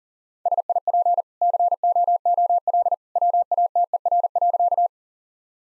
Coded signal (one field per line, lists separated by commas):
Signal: Morse code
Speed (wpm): 40 wpm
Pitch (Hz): 700 Hz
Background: none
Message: SIP COOL WATER.